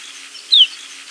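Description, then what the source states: Snow bunting call: a single short clear whistle sliding downward, heard once against a faint steady hiss. Recorded in New York.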